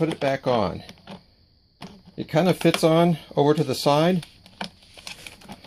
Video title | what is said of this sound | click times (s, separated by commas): WaterBoss 900 Water Softener Error code E1 and HO Repair | and then it snaps into place. Okay. | 4.6 s